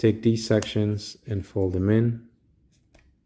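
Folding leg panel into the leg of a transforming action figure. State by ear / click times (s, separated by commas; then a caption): seated / 3.0 s. Someone talks while folding the front plastic leg sections into the legs of a Transformers Studio Series 86 Scrapheap action figure during its change from bike to robot mode. After the talking stops, a single short, sharp click sounds at 3.0 s as the leg section seats into place.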